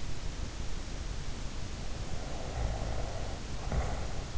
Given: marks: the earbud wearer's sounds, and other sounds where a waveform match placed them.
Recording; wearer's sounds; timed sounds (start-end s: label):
sounds in sleep by an in-ear microphone; snoring breath
2.02-4.31 s: snoring breath